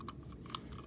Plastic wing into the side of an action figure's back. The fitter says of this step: and you can actually hear a snapping noise when you um clip These Wings in